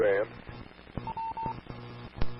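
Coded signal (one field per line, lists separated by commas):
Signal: none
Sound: repeater courtesy tone beeps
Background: speech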